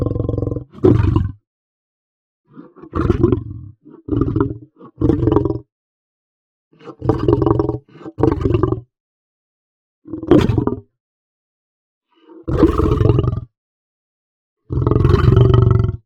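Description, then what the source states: Lion snarling in many harsh, deep, growling bursts, broken by silences. Hard snarl.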